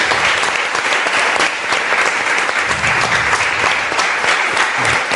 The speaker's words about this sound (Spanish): José Manuel Escribano, este aplauso que te hace toda la gente que está aquí con nosotros.